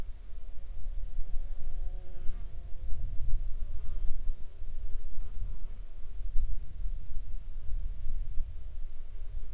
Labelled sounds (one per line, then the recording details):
wind
insects
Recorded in the Arctic National Wildlife Refuge, Alaska, on 16 July 2019 at 14:38
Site 35